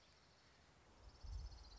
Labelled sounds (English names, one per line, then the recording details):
Orange-crowned Warbler
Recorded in Sonoma County, California